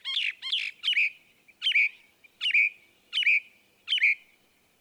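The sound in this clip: Northern mockingbird song: a paired harsh chirp phrase repeated about five times, under a second apart, each with a short whistled tail.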